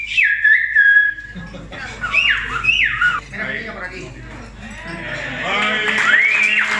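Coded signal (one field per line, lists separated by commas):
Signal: whistled language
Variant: Silbo Gomero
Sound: a loud gliding whistle that holds a steady pitch, followed by voices and more whistles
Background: talking in a room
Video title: El Silbo Gomero Demostración Restaurante Mirador Abrante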